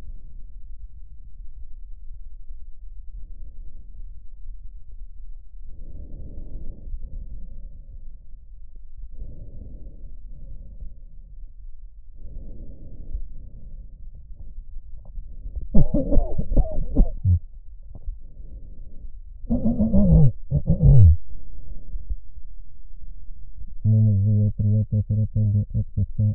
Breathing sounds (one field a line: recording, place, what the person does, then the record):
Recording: lung sounds by stethoscope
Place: right posterior apical chest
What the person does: quiet breathing, then cough and speech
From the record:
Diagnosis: none (healthy)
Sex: male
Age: 45 years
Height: 173 cm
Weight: 92 kg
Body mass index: 30.7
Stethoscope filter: extended mode